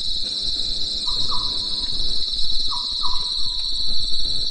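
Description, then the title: Cricket chorus trilling steadily high throughout, with two pairs of short lower notes. Night in the mountains after daytime rain; crickets calling in a chorus. "At night, the cricket cricket and nightingale choir in the mountains"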